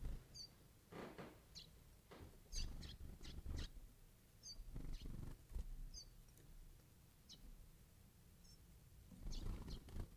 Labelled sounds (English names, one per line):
Western Bonelli's Warbler begging call